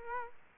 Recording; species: mosquito wingbeat signal from an infrared sensor; Culex quinquefasciatus